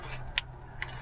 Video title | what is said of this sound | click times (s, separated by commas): 2020+ FORD Explorer 8" to 10.1" screen upgrade | locked locked into place | 0.4 s, 0.8 s